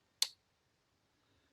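A drill chuck holding a hole-saw arbor, already tightened, has its sleeve turned back one notch to lock it so it will no longer loosen. A single sharp, bright click is heard at 0.2 s, followed by near silence with faint low handling noise. The chuck lock engages and the arbor is held as if locked.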